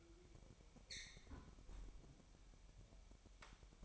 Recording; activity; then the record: daily activity, microphone in the room; close fridge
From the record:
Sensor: 1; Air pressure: 1002.0 hPa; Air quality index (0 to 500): 241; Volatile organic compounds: 47 ppm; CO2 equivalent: 3248 ppm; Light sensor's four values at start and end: 8/28/10/11 and 8/28/10/11